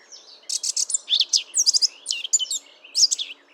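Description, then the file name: Eurasian blackcap song, a rapid, loud stream of varied high warbled and whistled notes after a brief soft start, with steady faint background hiss. "Sylvia atricapilla"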